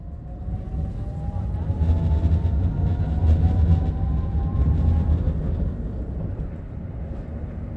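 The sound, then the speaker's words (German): A modernised, bright yellow Tatra tram rolls along with a steady low rumble, its motor whine rising in faint gliding tones while wheels clatter over the rails; the loud drone swells midway then eases slightly. “Die modernisierten, jetzt knallgelben Straßenbahnen wurden nun auch von Zugezogenen aus dem Westen genutzt und prägten den Soundtrack der 90er Jahre.”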